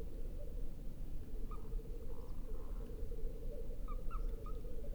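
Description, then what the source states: Tengmalm's owl feeding calls: a few brief chirps, some early and a small run near the end, against continuous low rumbling noise. Feeding calls given by a female.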